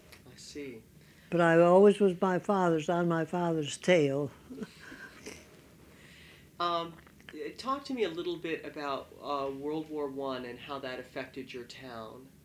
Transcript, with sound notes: I see.
But I always was my father's, on my father's tail. (she chuckles)
Talk to me a little bit about World War One, and how that effected your town.